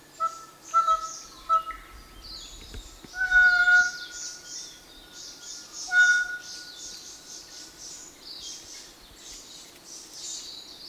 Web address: sound kōkako